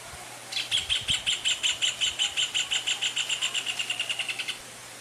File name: canto do joao de barro